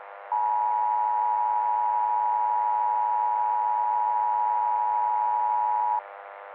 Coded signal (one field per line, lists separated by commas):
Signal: Emergency Alert System (SAME) tones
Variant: 853 and 960 Hz attention tone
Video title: Horrorlings Part 2: The Second Coming (EAS Scenario)